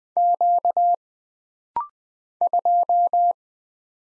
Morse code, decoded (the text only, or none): Q 2